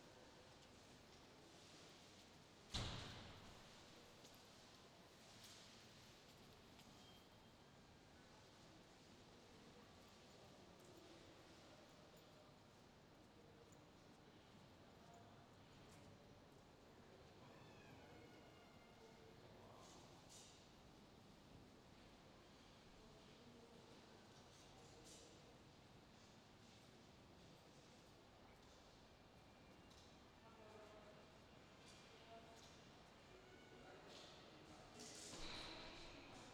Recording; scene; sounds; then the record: everyday scene through a hearing-aid microphone; reverberant space; background noise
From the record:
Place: railway station hall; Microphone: in the ear canal, left